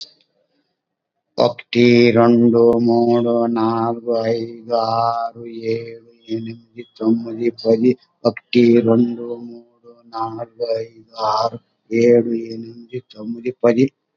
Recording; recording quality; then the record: counting at a normal pace; excellent, no background noise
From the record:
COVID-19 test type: RT-PCR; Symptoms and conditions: hypertension, diabetes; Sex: male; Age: 65 years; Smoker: yes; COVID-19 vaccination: both doses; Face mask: worn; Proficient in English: yes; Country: India